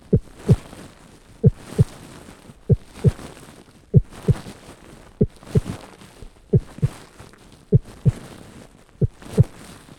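Steady paired low thumps, a clear lub-dub, repeat about every 1.25 seconds, a slow rate near 48 beats a minute. Eight full beats are heard, with a faint hiss in the background.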